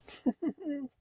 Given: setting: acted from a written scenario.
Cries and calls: vocal sound without words; distress

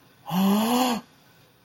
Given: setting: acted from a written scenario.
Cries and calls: vocal sound without words; awe

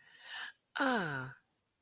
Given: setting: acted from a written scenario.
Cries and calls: vocal sound without words; serenity

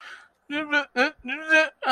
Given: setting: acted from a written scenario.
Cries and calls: vocal sound without words; shame

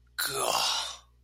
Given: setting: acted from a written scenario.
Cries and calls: vocal sound without words; awe

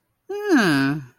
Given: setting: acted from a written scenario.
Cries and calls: vocal sound without words; pride

